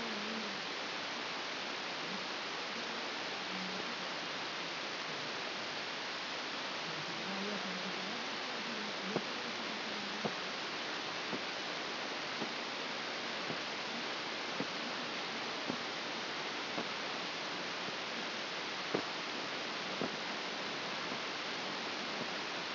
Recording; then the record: brain microelectrode recording played as sound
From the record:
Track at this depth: inside the subthalamic nucleus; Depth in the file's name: 5.911 mm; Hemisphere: left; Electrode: 2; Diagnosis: Parkinson's disease